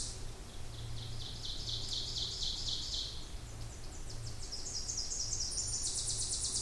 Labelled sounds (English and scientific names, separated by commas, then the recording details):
Ovenbird (Seiurus aurocapilla) song
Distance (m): 55 m
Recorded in boreal forest in Alberta, Canada, on 26 May 2016 at 08:12
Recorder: SongMeter 3, array SBT-3-15
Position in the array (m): 53 m, 222 m
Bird 20